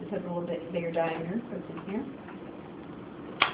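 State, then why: Seated. Someone talks while pushing the larger-diameter piece of a lab nebulizer or spray assembly into its socket in the nebulizer housing. A single sharp, loud click sounds at 3.4 s as the part seats into place.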